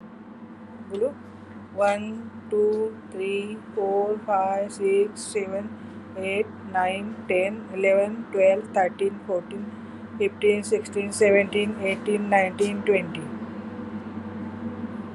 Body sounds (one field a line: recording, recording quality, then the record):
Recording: counting at a normal pace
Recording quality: excellent, no background noise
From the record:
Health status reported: COVID-19 positive, mild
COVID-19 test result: positive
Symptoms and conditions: loss of smell and taste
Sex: female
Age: 55 years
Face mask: not worn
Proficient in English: yes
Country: India